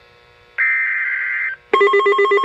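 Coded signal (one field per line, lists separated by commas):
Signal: Emergency Alert System (SAME) tones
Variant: header bursts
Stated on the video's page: EAS tones for a flash flood watch and severe thunderstorm warning; the alert failed.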